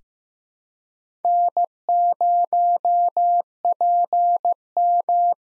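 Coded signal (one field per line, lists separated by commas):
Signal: Morse code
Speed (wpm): 15 wpm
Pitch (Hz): 700 Hz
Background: none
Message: N0PM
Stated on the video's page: Morse head-copy drill of four-character USA call signs at 15 WPM with 8x Farnsworth character spacing.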